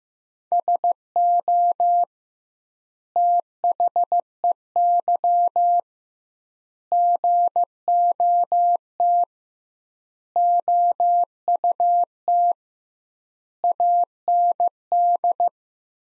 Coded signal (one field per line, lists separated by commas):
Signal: Morse code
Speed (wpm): 15 wpm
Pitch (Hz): 700 Hz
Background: none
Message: SO THEY GOT OUT AND